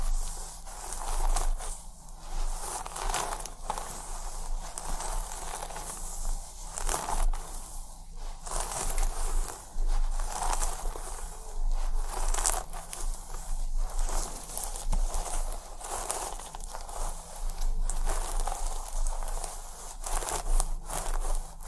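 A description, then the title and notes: A head massage with scalp scratching: dense, crinkly scratching and rubbing that runs the whole time, surging and easing every second or so with sharper bright strokes. A low steady hum sits underneath throughout. ASMR Super RELAXING Head Massage + Scalp Scratching Roleplay (tingly af).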